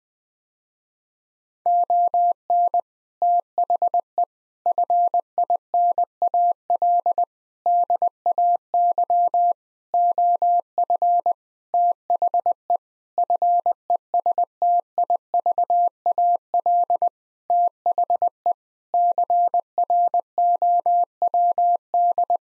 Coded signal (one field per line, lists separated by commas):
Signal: Morse code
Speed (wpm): 20 wpm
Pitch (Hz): 700 Hz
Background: none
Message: ON THE FINAL DAY OF THE FESTIVAL THE CROWD